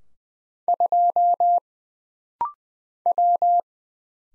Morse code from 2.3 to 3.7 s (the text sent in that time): W